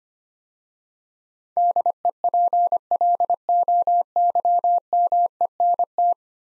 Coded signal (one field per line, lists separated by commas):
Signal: Morse code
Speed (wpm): 25 wpm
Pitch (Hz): 700 Hz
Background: none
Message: DEPLOYMENT